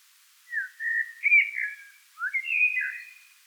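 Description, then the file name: Common blackbird song: two smooth, rich whistled phrases of gliding fluty notes, slightly rising then dropping back. "Turdus merula"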